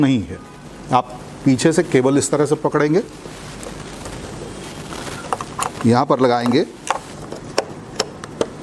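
Someone talks while holding a ballot unit interconnect cable connector from behind and bringing it to the socket of a second ballot unit, where it is meant to be pressed in until two clicks show both clips have latched. Short handling knocks are heard around 5.3, 6.9, 7.6 and 8.0 seconds. Nothing has seated or clicked yet.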